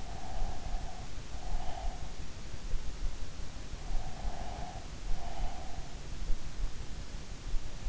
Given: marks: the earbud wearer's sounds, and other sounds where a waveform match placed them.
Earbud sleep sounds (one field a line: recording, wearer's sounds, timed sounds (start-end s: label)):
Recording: sounds in sleep by an in-ear microphone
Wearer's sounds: breath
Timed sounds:
0.00-2.12 s: breath
3.68-6.07 s: breath